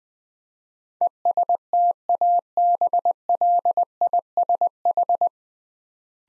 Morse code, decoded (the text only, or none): ESTABLISH